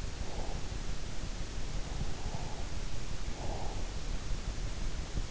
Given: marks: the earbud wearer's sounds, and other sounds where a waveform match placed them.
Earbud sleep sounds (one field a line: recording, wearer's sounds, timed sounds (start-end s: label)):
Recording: sounds in sleep by an in-ear microphone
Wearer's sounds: breath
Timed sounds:
0.12-0.97 s: breath
1.94-4.22 s: breath